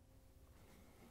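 A plastic tub cover ring, part WPW10215108, for a Whirlpool/KitchenAid/Maytag washer is positioned on the washer tub and lined up with the bleach cup in the front left corner before being pushed down. Only soft, steady handling noise over a low rumble is heard, with no sharp hits. Nothing has snapped or clicked into place yet.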